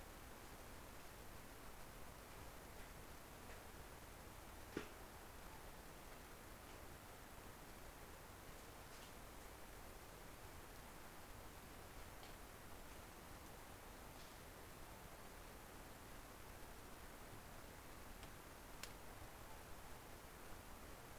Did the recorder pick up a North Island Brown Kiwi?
no